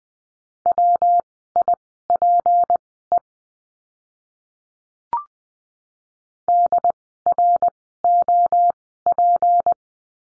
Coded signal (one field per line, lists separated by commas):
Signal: Morse code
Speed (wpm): 20 wpm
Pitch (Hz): 700 Hz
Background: none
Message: WIPE DROP